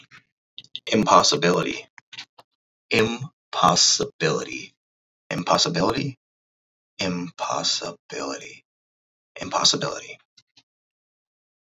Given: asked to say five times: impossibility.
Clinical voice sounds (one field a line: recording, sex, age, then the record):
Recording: repeated word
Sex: male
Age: 30 to 39 years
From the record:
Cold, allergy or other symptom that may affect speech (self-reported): no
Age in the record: 36 years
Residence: Wisconsin, United States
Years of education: 14